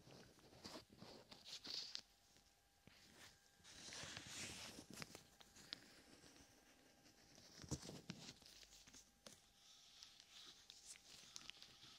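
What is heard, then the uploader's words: Gloved hands cup and rub over the ears, giving soft muffled rustles and swishes that swell and fade, with fuller passes near 4 and 10 seconds. Sharp crinkly taps scatter throughout, a strong one near 8 seconds, while a faint steady tone hums underneath. ASMR Ear Cupping with Gloves.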